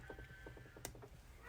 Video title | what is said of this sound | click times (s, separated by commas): Snappy Suzy Demonstration by Starfish Designs | hear that snap right now I'm gonna squeeze this back in here Grayson sorry | 0.8 s